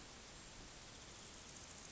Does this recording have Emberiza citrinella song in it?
no